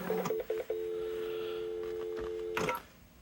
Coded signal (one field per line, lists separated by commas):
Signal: telephone call progress tone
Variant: North America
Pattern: dial tone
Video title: C64 Retro BBS Dial-Up Adventure: C64 User from USA calls German BBS via 1670 modem. Can it work?